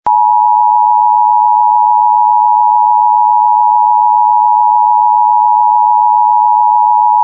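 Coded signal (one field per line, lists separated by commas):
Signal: Emergency Alert System (SAME) tones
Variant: 853 and 960 Hz attention tone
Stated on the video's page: Real Civil Danger Warning and Shelter In Place Warning for Texas counties, recorded with an alert archiving app.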